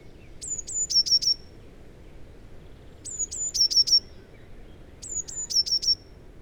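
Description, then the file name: Eurasian blue tit giving very high, thin phrases of four or five quick notes, the last ones slightly lower and longer, repeated about every two seconds over a quiet low rumble. "Cyanistes caeruleus"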